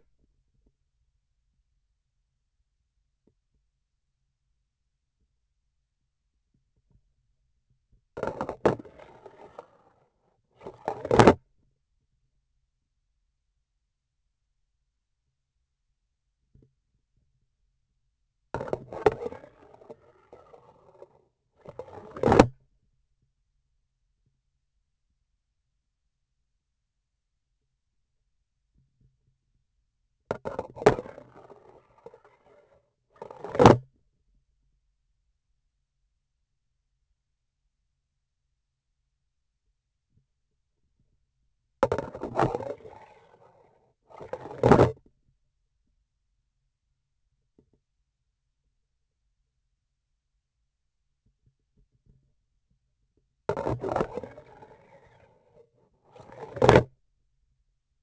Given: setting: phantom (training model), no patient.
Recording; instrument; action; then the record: laparoscopic instrument, vibration sensor on the handle end; grasping forceps; insertion and removal through the trocar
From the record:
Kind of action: spatial motion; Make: other than Olympus